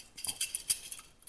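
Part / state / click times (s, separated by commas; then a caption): magazine baseplate onto pistol magazine body / not seated / none. After cleaning, the spring is put back into a CZ 75 Kadet pistol magazine and the baseplate (floorplate) is slid onto the magazine body. Light metallic clinks and scrapes are heard through the clip, loudest around 0.7 s. Nothing has seated or clicked yet.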